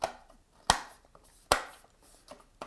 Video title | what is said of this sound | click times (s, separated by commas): Accessorizing the Panasonic Lumix S5 IIX Mirrorless Full Frame Camera - Pt. 1 Building the Rig | right right there and now these you can just pop right into there um | 0.7 s, 1.5 s